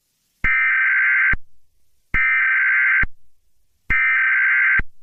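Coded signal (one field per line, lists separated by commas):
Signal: Emergency Alert System (SAME) tones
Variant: header bursts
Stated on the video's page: Mock alert, not a real activation.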